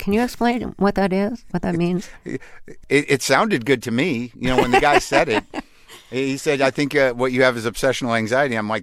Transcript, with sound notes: Can you explain what that is, what that means?
It sounded good to me, you know, when the guy said it.
(Laughter).
He said, I think what you have is obsessional anxiety.